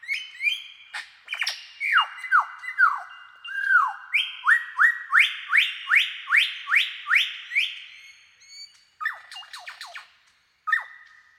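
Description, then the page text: Superb lyrebird song with falling whistles, then a long even series of rising sweeps about three per second, ending in scattered clicks and a final whistle. "Большая птица-лира - Superb Lyrebird (Menura novaehollandiae)"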